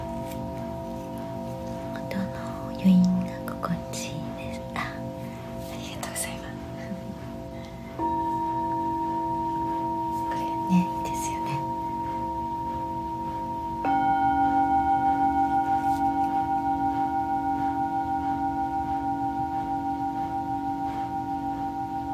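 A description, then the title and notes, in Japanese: Singing bowls ring in long, steady overlapping tones, with fresh strikes near 8 and 14 seconds that thicken and brighten the sound. The later bowl tones pulse with a gentle, regular wavering. Faint voice-like murmurs and small clicks appear early on. シンギングボウルのサウンドヒーリング。チベタンシンギングボウル。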